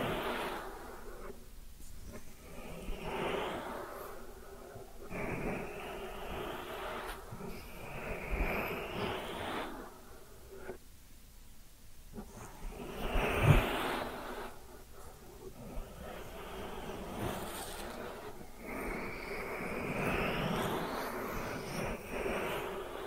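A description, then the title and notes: Ear cleaning sounds come in repeated scratchy, rustling strokes, each lasting two or three seconds and brightening as it goes, separated by brief quieter pauses. A sharper tap stands out near the thirteen-second mark, and a low soft rumble sits underneath throughout. Ear Cleaning Triggers.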